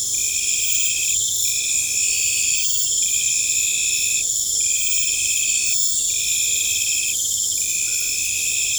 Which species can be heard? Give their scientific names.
none